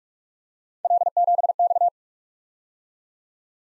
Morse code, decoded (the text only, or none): L7X